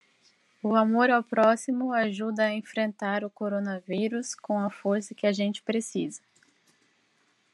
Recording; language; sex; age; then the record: spoken sentence; Brazilian Portuguese; female; 30 to 39 years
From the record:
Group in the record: control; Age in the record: 37 years